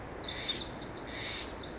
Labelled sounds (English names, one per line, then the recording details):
Pacific Wren
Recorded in Sonoma County, California